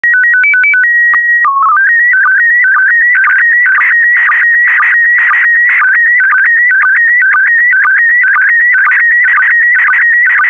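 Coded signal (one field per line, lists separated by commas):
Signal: SSTV (slow-scan television)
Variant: PD120 mode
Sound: short stepped header tones, then a warbling, wavering tone with regular low sync blips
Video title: (04 of 12) ISS Expedition 63 - ARISS Series 16 Satellites October 2020 - Retransmission SSTV PD120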